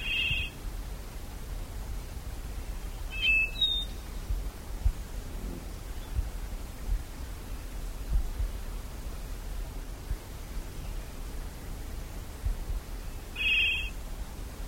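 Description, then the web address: Plumbeous black-tyrant giving short rough notes, a quick doubled pair early, then a long pause before one more, with soft low background noise. "cantos viudiplomi"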